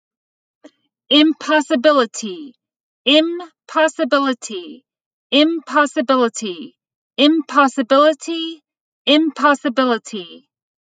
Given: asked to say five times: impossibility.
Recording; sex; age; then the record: repeated word; female; 30 to 39 years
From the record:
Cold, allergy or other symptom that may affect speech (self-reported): no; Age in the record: 36 years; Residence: Pennsylvania, United States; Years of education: 16